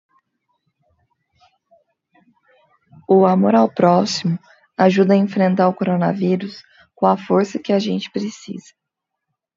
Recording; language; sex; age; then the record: spoken sentence; Brazilian Portuguese; female; 20 to 29 years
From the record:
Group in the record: control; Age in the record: 29 years